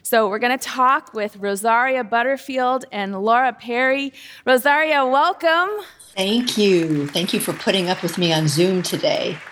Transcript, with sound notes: We’re going to talk with Rosaria Butterfield and Laura Perry. Rosaria, welcome! (applause)
Thank you! Thank you for putting up with me on Zoom today.